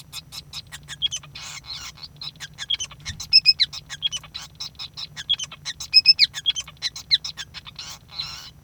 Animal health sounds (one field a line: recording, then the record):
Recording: song of a male Bengalese finch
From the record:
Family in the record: son of father 5